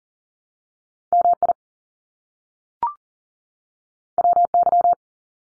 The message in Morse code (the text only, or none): MI WY